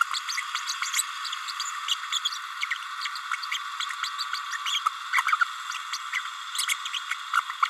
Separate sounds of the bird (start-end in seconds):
0.13-0.20, 2.12-2.19, 2.25-2.30, 2.60-2.66, 4.65-4.80, 5.12-5.22, 5.26-5.36, 6.67-6.74, 6.92-7.00, 7.35-7.41